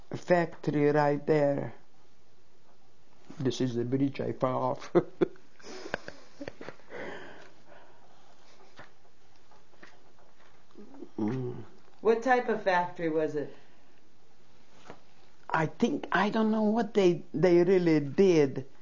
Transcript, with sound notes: a factory right there. This is the bridge I fell off. ( she laughs )
What type of factory was it?
I think, I don't know what they really did.